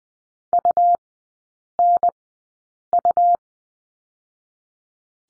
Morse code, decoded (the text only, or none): UNU